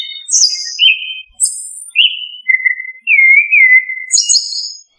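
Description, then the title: Thrush singing clear whistled phrases, high notes alternating with lower slurred, wavering whistles, separated by short pauses. "Familia Turdidae - Sabia"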